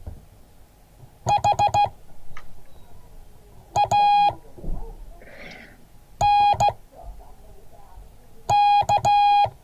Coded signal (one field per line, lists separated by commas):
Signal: Morse code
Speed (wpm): 15 wpm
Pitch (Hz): 820 Hz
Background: none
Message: HANK